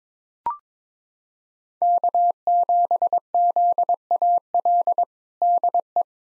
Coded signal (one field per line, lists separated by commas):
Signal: Morse code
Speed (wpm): 22 wpm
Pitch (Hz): 700 Hz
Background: none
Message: K7ZAL DE